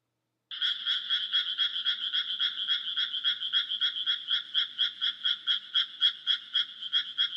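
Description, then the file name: Frog calling in a fast, steady series of raspy pulsed croaks, about four per second, continuing without a break after a short silent start. "kaeru"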